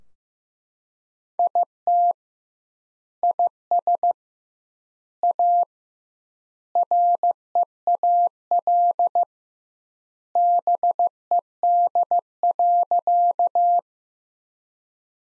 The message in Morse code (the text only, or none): IT IS A REAL BED.